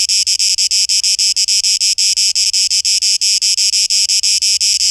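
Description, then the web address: Cicada song in distinct throbbing pulses of high, harsh buzz, a little slower and more separated than a steady drone. 12 August 2023; tape echo mix. "rauschpartikel Audio 2023-08-12 Zikaden"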